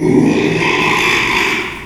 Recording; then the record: squeal of a Yucatan mini pig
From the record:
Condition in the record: after surgery on the right vocal fold (resection and tissue-engineered implant); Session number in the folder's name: 1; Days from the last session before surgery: 6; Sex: male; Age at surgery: 12 weeks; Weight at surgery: 13 kg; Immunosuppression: cyclosporine, prednisolone